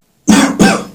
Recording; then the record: coughing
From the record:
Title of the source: Spring Cold Coughing.